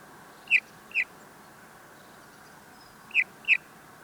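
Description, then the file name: Eurasian bullfinch making mellow piping calls, two pairs of short soft notes separated by a pause of about two seconds, over low steady background noise. "Pyrrhula pyrrhula"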